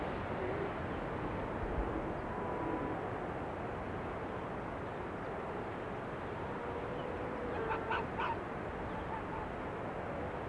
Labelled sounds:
Arctic Fox (Vulpes lagopus) barking
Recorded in the wild
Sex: diverse
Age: adult
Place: Insel Mednyi, Kommandeur-Inseln, RU
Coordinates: 54.5167, 168.083
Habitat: tundra
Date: 1999-07-20 19:44
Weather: fair, no clouds, 15°C, weak winds
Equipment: Sony TCD-D8, Sennheiser MKH 70, Windkorb
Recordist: Frommolt, Karl-Heinz

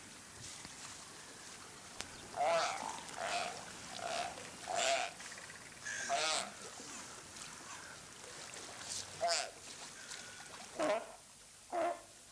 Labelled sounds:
Brown Fur Seal (Arctocephalus pusillus) call
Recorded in captivity
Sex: group
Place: Zoo Berlin, Berlin, DE
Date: 2004-01-02 14:47
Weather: fair, -2°C
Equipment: Fair Mate ST-1328 (Asahi Electronics, Japan), Sennheiser ME 80, Kopie Uher 4000 Report Monitor
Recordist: Tembrock, Günter
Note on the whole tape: Südlicher Seebär (A.p.pusillus): Gruppe schwimmend, nur ein Tier ruft: mehrere Lauttypen

